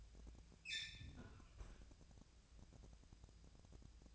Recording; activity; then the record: daily activity, microphone in the room; close fridge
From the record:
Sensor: 2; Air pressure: 999.9 hPa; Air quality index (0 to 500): 118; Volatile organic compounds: 2 ppm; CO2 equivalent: 1016 ppm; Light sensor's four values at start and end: 32/80/34/38 and 32/80/34/38